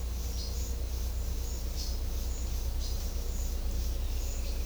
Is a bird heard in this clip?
no